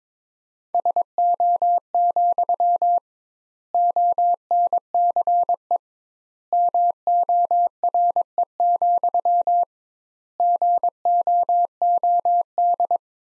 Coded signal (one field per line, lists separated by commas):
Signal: Morse code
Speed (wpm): 22 wpm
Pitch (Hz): 700 Hz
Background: none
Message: SO, ONCE MORE, GOOD